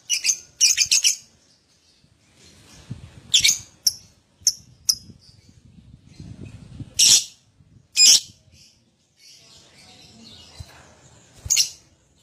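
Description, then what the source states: Lovebird chirps in scattered harsh bursts with quiet stretches between them, some faint softer twittering and low background rumble. Adult lovebird in full, vigorous song (gacor), song style described as "owor owor".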